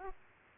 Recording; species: mosquito wingbeat signal from an infrared sensor; Aedes aegypti